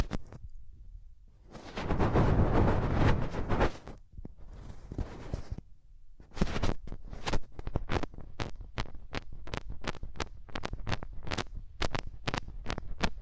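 Hands rubbing over the ears, with no talking. A dense, rumbling rub swells from about two to four seconds, a softer hiss follows, then from six seconds on come quick, sharp brushing strokes repeating roughly every half second, each with a crackly edge.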